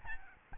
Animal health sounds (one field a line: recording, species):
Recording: mosquito wingbeat signal from an infrared sensor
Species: Aedes albopictus